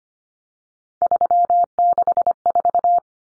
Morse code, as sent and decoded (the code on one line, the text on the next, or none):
...-- -.... ....-
364